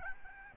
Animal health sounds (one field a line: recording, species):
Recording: mosquito wingbeat signal from an infrared sensor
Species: Aedes albopictus